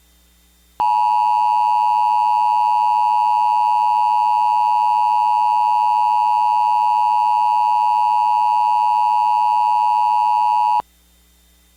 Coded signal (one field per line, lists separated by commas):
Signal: Emergency Alert System (SAME) tones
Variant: 853 and 960 Hz attention tone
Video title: EAS Recreation Mock | Maryland tornado drill April